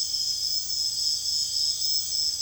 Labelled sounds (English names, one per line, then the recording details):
none
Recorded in secondary vegetation near Puerto Asís, Putumayo, Colombia, on 29 June 2025 at 03:30
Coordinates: 0.485, -76.322
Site GP06